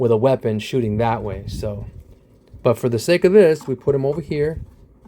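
Someone talks while handling a plastic ammo accessory that hooks on at the bottom and snaps onto a toy vehicle, with no distinct click standing out from the voice. The clip ends before the part goes home, so nothing has seated or clicked yet.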